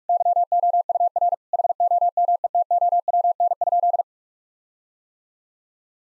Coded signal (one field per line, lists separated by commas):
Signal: Morse code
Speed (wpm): 46 wpm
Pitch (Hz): 700 Hz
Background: none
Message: YOUR HOMETOWN?